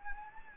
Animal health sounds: mosquito wingbeat signal from an infrared sensor; Anopheles gambiae

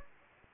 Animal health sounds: mosquito wingbeat signal from an infrared sensor; Anopheles gambiae

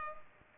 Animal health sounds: mosquito wingbeat signal from an infrared sensor; Culex pipiens

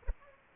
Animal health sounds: mosquito wingbeat signal from an infrared sensor; Culex pipiens

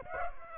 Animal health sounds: mosquito wingbeat signal from an infrared sensor; Aedes aegypti

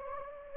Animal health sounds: mosquito wingbeat signal from an infrared sensor; Anopheles gambiae

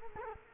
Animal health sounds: mosquito wingbeat signal from an infrared sensor; Culex quinquefasciatus

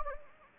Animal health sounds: mosquito wingbeat signal from an infrared sensor; Anopheles gambiae

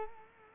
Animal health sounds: mosquito wingbeat signal from an infrared sensor; Culex quinquefasciatus

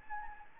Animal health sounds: mosquito wingbeat signal from an infrared sensor; Anopheles gambiae

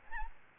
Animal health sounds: mosquito wingbeat signal from an infrared sensor; Aedes albopictus

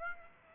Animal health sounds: mosquito wingbeat signal from an infrared sensor; Aedes aegypti

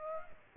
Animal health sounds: mosquito wingbeat signal from an infrared sensor; Aedes aegypti

